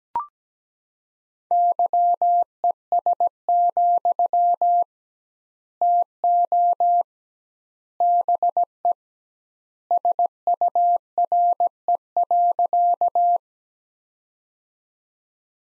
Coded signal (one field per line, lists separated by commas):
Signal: Morse code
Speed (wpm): 17 wpm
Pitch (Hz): 700 Hz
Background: none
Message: YES, TO BE SURE.